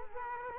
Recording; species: mosquito wingbeat signal from an infrared sensor; Culex quinquefasciatus